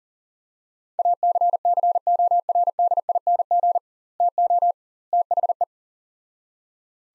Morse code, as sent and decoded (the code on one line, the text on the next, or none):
.- -.-. -.-. --- .-. -.. .. -. --. / - --- / - .... .
ACCORDING TO THE